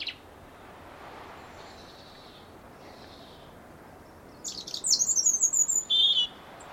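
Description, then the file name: European robin song: after a few seconds of soft hiss, a short burst of very high jingling notes and a rapid trill, then a lower note. "Erithacus rubecula"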